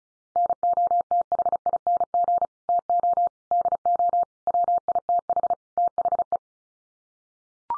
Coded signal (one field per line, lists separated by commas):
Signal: Morse code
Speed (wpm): 34 wpm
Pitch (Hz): 700 Hz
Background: none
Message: NOTHING TO DO WITH THE